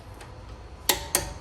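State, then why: Torque reached. A torque wrench tightens another wheel lug nut until it clicks at its setting. Two sharp clicks are heard at 0.9 s and 1.2 s over a low, steady background. The lug nut reaches its set torque.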